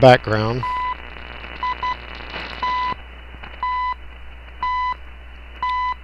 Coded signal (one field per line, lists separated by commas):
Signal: radio time signal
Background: speech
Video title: Comparing my Alpha Delta DX- Ultra and my DXE-RF-PRO-1B Magnetic loop.